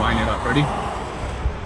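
A wiring harness connector with a black plastic locking tab is lined up to be pushed onto an Alfa Romeo 4C ignition coil pack being installed on a Fiat 124 Spider Abarth, while someone talks over a steady background noise. Nothing has seated or clicked yet; the clip ends before the connector snaps home.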